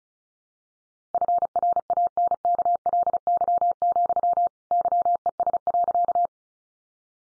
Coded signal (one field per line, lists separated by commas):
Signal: Morse code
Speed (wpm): 34 wpm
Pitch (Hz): 700 Hz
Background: none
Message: FRANKLY, YES.